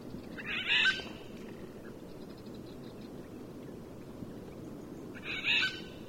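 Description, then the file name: Eurasian jay giving two harsh, rasping screeches about four and a half seconds apart against a steady low background hiss. "Garrulus glandarius"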